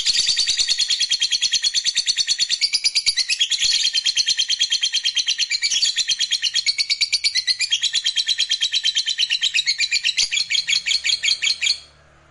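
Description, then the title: Lovebird calling in a long unbroken burst of shrill, rapid chirps, the pitch shifting slightly in waves, then stopping abruptly near the end. "Suara Lovebird"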